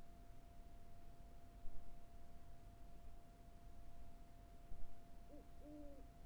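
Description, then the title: Owl giving two low hoots near the end after several seconds of quiet hiss, with a steady faint tone throughout. Carrizo Plain. "neoscenes: Carrizo Plains owl"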